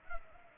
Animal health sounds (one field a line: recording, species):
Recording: mosquito wingbeat signal from an infrared sensor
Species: Culex pipiens